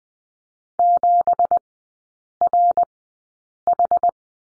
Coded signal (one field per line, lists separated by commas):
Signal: Morse code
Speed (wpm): 20 wpm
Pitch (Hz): 700 Hz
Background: none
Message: 7RH